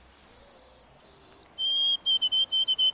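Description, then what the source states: White-throated Sparrow song: two long clear high whistles, then a lower whistle followed by a series of short wavering repeated notes, sweet and pure in tone. Heard in the east; sweet, wavering song that seems to say 'Oh, sweet Canada, Canada'.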